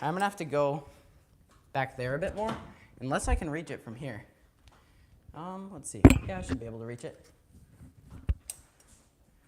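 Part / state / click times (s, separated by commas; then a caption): plastic frame section into the animatronic prop's support / seated / 8.5 s. A plastic frame section of a large Halloween animatronic prop (the Looming Ghoul) is reached up to and pushed home onto the prop's support frame while someone talks. A sharp click at 8.5 s marks the section seating into place, and it is confirmed clicked.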